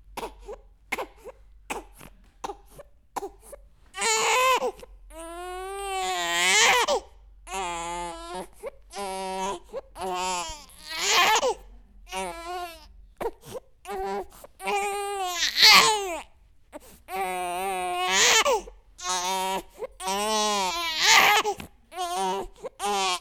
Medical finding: Human baby crying.